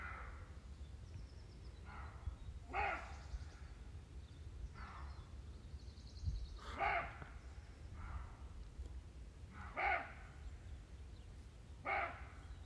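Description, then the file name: Roe deer barks: short, harsh, hoarse bursts repeated every second or two over a low rumbling background, with faint higher chirps between. Recorded 11 April 2022. "2022-04-11 cabirols"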